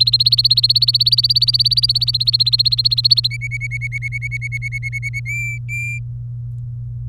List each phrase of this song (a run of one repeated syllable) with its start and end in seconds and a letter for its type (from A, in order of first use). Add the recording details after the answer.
0.00-3.28 A, 3.30-5.20 B, 5.25-5.99 C. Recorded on 23 April 2018 at 15:28. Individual llb3